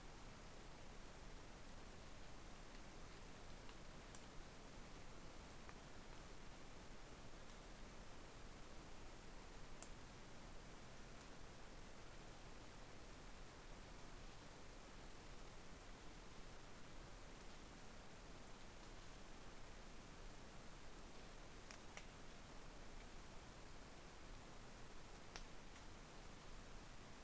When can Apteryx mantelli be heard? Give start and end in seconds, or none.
none